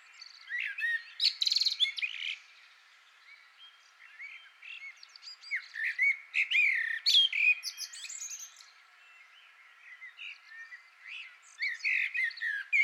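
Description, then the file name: Common blackbird singing several bursts of fluty, warbled notes ending in high squeaky twitters, separated by quieter gaps. "Turdus merula"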